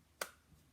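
A thin metal cutting die is pressed into its nesting spot on the logo side of a card-making plate or folder. A single sharp, bright click sounds at 0.2 s, followed by a faint low thump near 0.5 s. The die is seated, nested and clicked into place.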